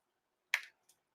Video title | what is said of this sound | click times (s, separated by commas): Start to Finish with Luminess | you hear that pop make sure that is in there | 0.5 s